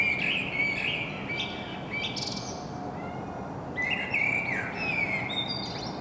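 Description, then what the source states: Common blackbird giving rich fluty warbled phrases with brief high scratchy twitters, a short pause midway, then another long mellow phrase, over steady background noise. Common blackbird singing in Saint-Gilles, Belgium; Sony PCM-M10 internal microphone.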